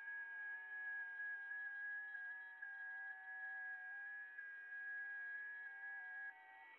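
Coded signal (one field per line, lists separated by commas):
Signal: FT8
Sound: several steady warbling tones at once, slowly shifting pitch, over faint hiss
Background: radio static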